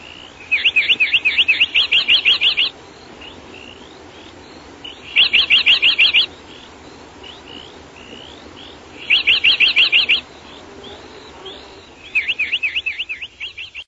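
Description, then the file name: European greenfinch song: rapid twittering trills in bursts of one to two seconds, repeated roughly every four seconds, over a steady low hiss of background noise. "zelenushka"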